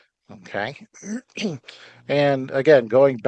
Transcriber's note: clears throat